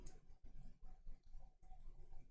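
A SIM card tray is pushed into its slot in a Motorola Edge 60 Fusion smartphone, giving a faint tick at 0.1 s and a sharper click at 1.6 s amid soft handling noise, while someone talks. The tray is only partly in and not yet fully seated.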